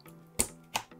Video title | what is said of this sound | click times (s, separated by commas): How to Build the Best $500 Gaming PC! Step-by-step (2020 Edition) - Robeytech | just slide it right in and you want to make sure it gets a nice solid click there | 0.4 s